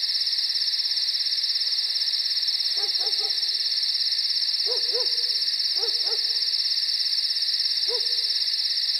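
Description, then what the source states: Owl giving short hoots in small groups, over a constant high-pitched insect trill. Night nature recording with crickets and an owl.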